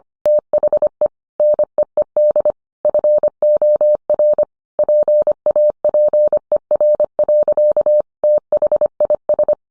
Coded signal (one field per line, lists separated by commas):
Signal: Morse code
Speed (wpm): 25 wpm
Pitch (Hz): 600 Hz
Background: none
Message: THE NEED FOR PAPER. THIS